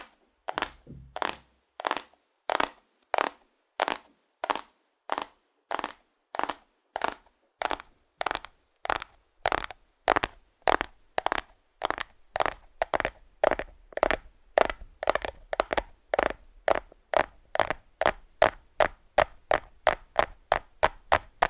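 Fast, forceful tapping on cardboard, each hit a dry, crunchy knock. The taps start spaced about half a second apart and speed up steadily, packing closer together toward the end. Silence sits between strikes, with a faint low rumble early on.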